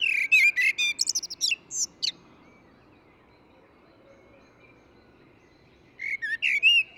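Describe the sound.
Eurasian blackbird giving a two-second burst of high twittering and whistled notes, a long silent gap, then another short phrase at the end.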